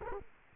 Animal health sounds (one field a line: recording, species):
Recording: mosquito wingbeat signal from an infrared sensor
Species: Culex quinquefasciatus